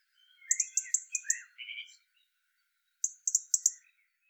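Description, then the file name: European robin song, a run of sharp, very high ticking notes over soft low warbles, then a second burst of the same high notes. "Erithacus rubecula"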